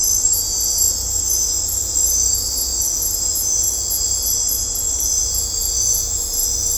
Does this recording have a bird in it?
no